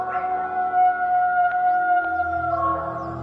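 A recording of a Falkland Islands wolf, a species extinct since 1875, holds one long, steady mid-pitched howl with layered harmonic tones for a few seconds, with a low rumble beneath and no voices.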